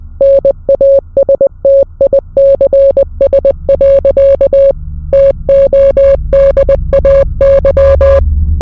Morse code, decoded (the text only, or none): NASTICS. TODAY